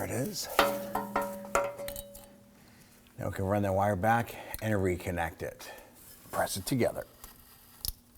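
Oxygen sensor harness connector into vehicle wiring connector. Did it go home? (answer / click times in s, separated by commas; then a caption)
yes / 7.9 s. Someone talks while the new upstream oxygen sensor's plastic electrical connector on a 2015-2020 Ford F-150 2.7L V6 is pressed together with the vehicle wiring harness connector, preceded by a few light knocks and clinks. A single sharp click at 7.8 s marks the connector seating.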